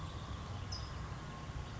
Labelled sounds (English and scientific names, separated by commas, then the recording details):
California Towhee (Melozone crissalis)
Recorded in Sonoma County, California